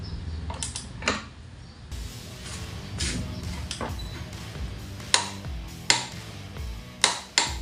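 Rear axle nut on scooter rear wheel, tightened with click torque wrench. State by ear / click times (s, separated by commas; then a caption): torque reached / 5.1 s, 5.9 s, 7.0 s, 7.4 s. A click-type torque wrench set to 87 ft-lb tightens the steel rear axle nut on the rear wheel of a Honda Click 125 scooter, with music playing in the background. Sharp clicks sound at 5.1, 5.9, 7.0 and 7.4 seconds as the wrench reaches its set torque.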